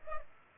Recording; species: mosquito wingbeat signal from an infrared sensor; Culex pipiens